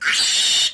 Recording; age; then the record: pig call; piglet (1 to 25 days)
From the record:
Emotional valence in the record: negative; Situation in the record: restrain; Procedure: sham castration, fixation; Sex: male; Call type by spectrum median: high-frequency call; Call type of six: high-frequency modulated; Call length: 0.74 s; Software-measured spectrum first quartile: 3029 Hz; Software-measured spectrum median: 4136 Hz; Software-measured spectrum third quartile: 6134 Hz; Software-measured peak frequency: 3723 Hz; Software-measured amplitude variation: 78 dB a second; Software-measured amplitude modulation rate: 21.0 a second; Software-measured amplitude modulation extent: 3.7 dB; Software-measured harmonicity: 1.6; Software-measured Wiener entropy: -2.03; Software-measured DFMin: 747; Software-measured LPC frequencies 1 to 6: 1508, 2003, 2949, 3672, 4498, 5605 Hz